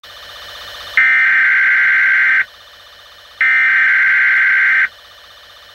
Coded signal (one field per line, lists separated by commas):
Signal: Emergency Alert System (SAME) tones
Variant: header bursts